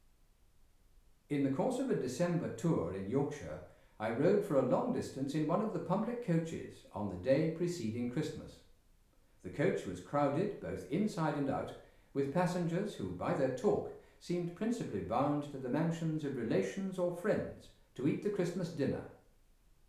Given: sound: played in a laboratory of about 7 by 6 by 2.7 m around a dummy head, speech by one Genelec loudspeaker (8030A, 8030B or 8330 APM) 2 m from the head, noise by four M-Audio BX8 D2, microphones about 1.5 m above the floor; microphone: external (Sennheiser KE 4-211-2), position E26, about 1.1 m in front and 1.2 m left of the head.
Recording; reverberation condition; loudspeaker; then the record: male speech in English; medium; in front (0 degrees)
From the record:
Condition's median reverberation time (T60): about 510 ms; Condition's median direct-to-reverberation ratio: about -0.5 dB